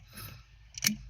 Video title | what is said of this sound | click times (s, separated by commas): PEDAL COMMANDER - UNBOXING - INSTALLATION - FIRST IMPRESSION - CHEVROLET TRAILBLAZER 2014 | nag-click na siya Yun | 0.9 s